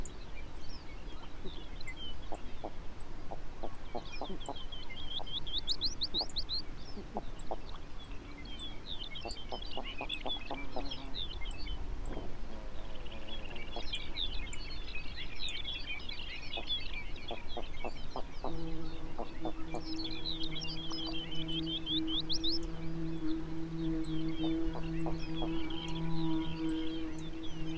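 Arctic birds call together: low, rapid clucking rattles like a ptarmigan recur throughout, while bright warbling songs rise and fall in bursts every few seconds. From about eighteen seconds a steady low droning hum enters and holds to the end.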